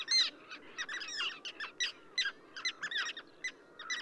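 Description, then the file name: Common tern calls, busy overlapping grating notes from several birds, dense at first then spaced into short bursts. Subspecies minussensis, recorded at Ögii Nuur, Mongolia. "ctern-minussensis mng ogi-nuur"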